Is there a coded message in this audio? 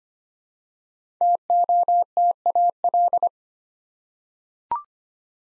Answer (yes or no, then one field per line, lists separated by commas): yes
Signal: Morse code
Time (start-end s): 1.2-3.3 s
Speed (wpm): 25 wpm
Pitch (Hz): 700 Hz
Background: none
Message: TOTAL